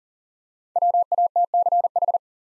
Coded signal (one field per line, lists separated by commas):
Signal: Morse code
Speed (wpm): 40 wpm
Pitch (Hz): 700 Hz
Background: none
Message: WATCH